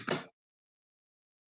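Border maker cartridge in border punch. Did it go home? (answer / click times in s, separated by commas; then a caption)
released / 0.1 s. A release button is pressed on a paper border punch, and the border maker cartridge drops out with a small plop at 0.1 s. A short broadband burst fades by about 0.3 s, followed by silence until a brief sound at the very end. The cartridge is released.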